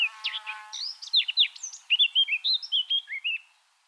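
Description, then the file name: Eurasian blackcap song, starting with a buzzy, rattling note and scratchy twitters, then building into a sequence of loud, clear whistles that fade out. "Sylvia atricapilla"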